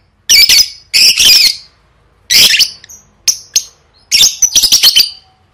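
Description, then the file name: Lovebird calls: shrill, harsh bursts in about five separate clusters with short silences between them. "tieng vet mau don"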